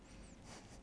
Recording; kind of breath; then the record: one breath in and out by a microphone near the nose and mouth; strong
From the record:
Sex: male